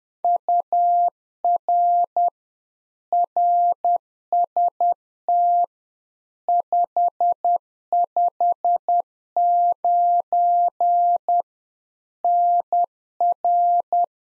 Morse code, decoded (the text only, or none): UR RST 559 NR